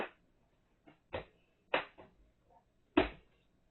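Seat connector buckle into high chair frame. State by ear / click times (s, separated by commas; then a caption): not seated / none. A plastic seat connector buckle is pushed repeatedly against a high chair frame, making a series of short knocks, with the loudest at about 1.2, 1.7 and 3.0 seconds. The buckle fails to latch, and nothing has seated or clicked yet, because it belongs in a different spot on the chair.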